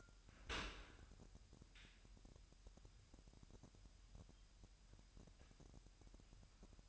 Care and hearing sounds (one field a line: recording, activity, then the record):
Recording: daily activity, microphone in the room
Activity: open dishwasher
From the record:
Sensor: 2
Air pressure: 998.3 hPa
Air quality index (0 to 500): 146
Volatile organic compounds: 4 ppm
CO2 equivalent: 1651 ppm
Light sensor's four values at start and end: 11/32/13/12 and 11/32/13/12